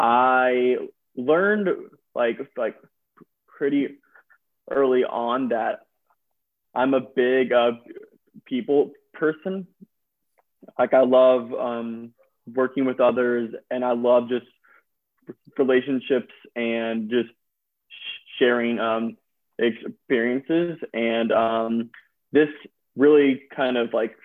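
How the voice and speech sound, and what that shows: An adult man speaks with prolonged sounds and long pauses inside phrases: mild stuttering. He has had speech therapy all his life.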